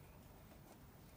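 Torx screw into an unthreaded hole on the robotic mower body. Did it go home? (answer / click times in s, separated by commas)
no / none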